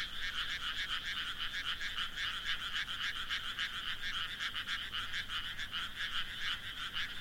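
Frogs calling in a dense, continuous chorus of rapid buzzy croaks, steady throughout with no pauses.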